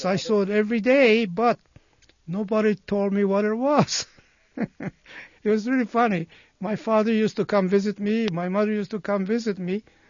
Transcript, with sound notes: Yeah, I saw it every day but nobody told me what it was. ( he laughs ) It was really funny. My father used to come visit me, my mother used to come visit me,